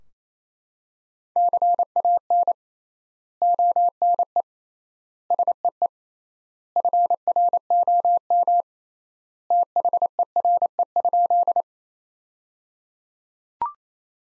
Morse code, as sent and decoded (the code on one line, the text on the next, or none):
-.-. .- -. / --- -. . / ... . . / ..-. .-. --- -- / - .... . .-. . ..--..
CAN ONE SEE FROM THERE?